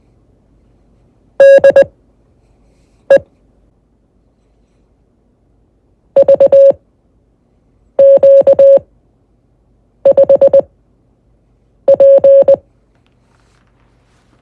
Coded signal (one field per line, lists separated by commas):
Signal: Morse code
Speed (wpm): 20 wpm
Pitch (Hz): 550 Hz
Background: none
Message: DE VQ5P